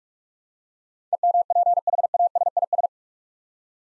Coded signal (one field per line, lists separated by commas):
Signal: Morse code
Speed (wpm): 46 wpm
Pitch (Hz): 700 Hz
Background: none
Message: EMPHASIS